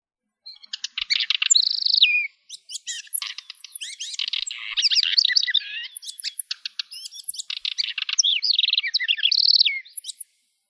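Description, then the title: Bird song, a lively run of varied chirps, rapid trills, clicks and high whistled slurs, pausing briefly over about ten seconds. "LuckyPassaros CompletosSama"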